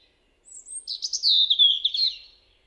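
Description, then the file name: European robin giving a thin, very high note, then a rapid warbling phrase that slides gradually downward, lasting about two seconds. "Erithacus rubecula"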